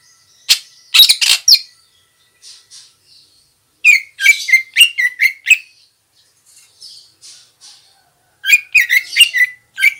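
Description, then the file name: Greater green leafbird giving loud clusters of harsh chirps, three bursts separated by quiet, twittering pauses. Female. "suara burung cucak ijo betina"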